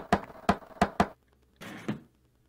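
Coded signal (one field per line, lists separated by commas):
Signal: tap code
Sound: four wooden knocks, three evenly spaced then a quick fourth, followed by a short scrape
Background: short rustle or door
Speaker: das war richtig natürlich war's das na dann worauf wartest du noch komm rein die tür ist offen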